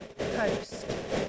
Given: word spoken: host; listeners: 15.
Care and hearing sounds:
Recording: one English word in noise, from a listening test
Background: noise modulated by three-talker babble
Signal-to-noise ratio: -3.1 dB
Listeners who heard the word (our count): 0 of 15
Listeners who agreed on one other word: 8 of 15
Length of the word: 0.89 s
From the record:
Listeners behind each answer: 8, 7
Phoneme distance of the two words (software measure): 10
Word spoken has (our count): 1 syllable, 4 phonemes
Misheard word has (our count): 1 syllable, 4 phonemes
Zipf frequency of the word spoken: 4.39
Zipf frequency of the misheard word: 4.87

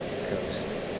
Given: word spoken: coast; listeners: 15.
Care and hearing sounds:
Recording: one English word in noise, from a listening test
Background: speech-shaped noise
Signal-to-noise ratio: -5.5 dB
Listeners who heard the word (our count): 1 of 15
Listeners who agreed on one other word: 13 of 15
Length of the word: 0.59 s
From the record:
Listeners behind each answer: 13, 1, 1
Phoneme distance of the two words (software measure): 10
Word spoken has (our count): 1 syllable, 4 phonemes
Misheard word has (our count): 1 syllable, 4 phonemes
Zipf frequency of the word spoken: 4.86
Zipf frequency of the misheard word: 4.24

